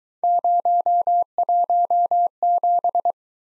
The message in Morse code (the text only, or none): 017